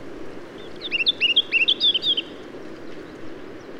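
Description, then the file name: Whitethroat song: a quick run of short chirpy notes lasting under two seconds, over steady low background noise. Recorded at Ulytau. "hwthroat-S ulytau"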